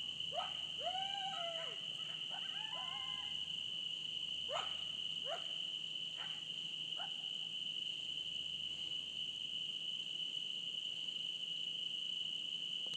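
Coyote yips: a burst of short, sliding, downswept cries early on, then a few sharp isolated yelps, under a steady high insect drone throughout.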